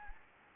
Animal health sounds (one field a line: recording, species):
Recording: mosquito wingbeat signal from an infrared sensor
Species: Anopheles gambiae